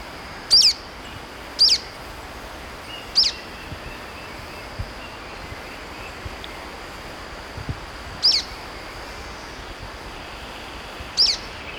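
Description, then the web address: Golden-crowned flycatcher calls: five abrupt, high-pitched squeaky notes at uneven intervals, with a thin steady insect-like whine underneath. Recorded in Ecuador. "Natures Songs S America Birds of Ecuador. Golden-Crowned Flycatcher"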